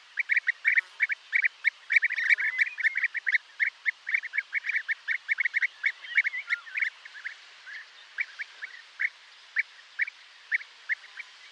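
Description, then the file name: European bee-eaters calling in a dense, overlapping chorus of purring trilled notes, thinning after about seven seconds to spaced single calls. "Guepier d Europe"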